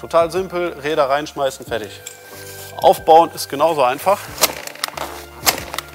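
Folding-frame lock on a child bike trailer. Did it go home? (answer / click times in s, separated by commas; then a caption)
yes / 4.8 s, 5.8 s. Someone talks as the folding frame of a Hauck Dryk Duo child bike trailer for two kids is unfolded and pushed until its metal and plastic locking mechanisms snap into place. Sharp clicks are heard at 4.8 s and 5.8 s, and the frame latches lock fully, with a green indicator showing they are secured.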